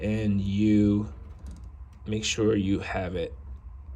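An archive (SD) memory card is handled at the spring-loaded card slot of an arcade console while someone talks. A faint sudden sound comes at about 1.6 s, but the card has not yet seated or clicked into the slot when the clip ends.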